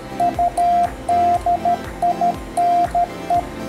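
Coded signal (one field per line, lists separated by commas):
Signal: Morse code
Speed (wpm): 13 wpm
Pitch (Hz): 700 Hz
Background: music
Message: UDINE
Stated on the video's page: QRP CW at 5 W on HF using a nearly invisible emergency antenna with tuner, 40 to 10 metre bands, contact with Spain.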